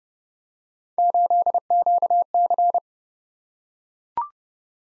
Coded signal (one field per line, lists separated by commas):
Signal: Morse code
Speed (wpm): 30 wpm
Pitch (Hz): 700 Hz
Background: none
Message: 8QC